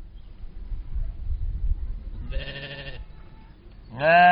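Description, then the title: Soay sheep bleats: one bleat near two and a half seconds, then a louder rising bleat at the very end, over a faint low rumble. Soay sheep kept in a zoo in the Eifel region, Germany. "Eifelzoo, 54597, Deutschland - Soay-Schafe. Soay sheep"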